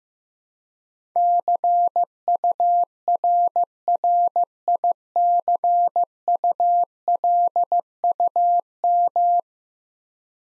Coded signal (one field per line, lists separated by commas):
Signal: Morse code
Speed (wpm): 16 wpm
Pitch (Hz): 700 Hz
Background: none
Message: CURRICULUM